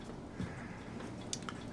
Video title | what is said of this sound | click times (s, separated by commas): The Model Ship - Part 2242 | okay now this does not want to lock into place | none